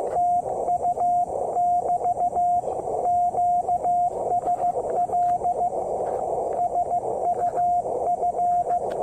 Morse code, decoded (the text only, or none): TU <BT> QSL SUF